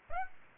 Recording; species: mosquito wingbeat signal from an infrared sensor; Aedes aegypti